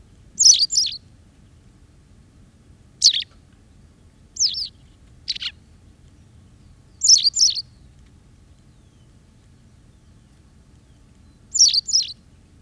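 White wagtail calling with sharp, high, slurred notes, singles and doubles spaced irregularly, with faint low background noise.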